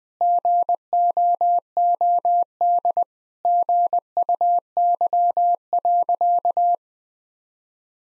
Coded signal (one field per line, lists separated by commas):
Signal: Morse code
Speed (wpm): 21 wpm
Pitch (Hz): 700 Hz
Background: none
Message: GOOD GUY.